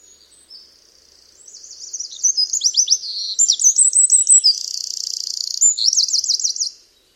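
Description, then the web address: Bird gives a long, high, jumbled song that builds from soft twittering into rapid chirps, rattling buzzes and looping trilled notes. "Bird Only"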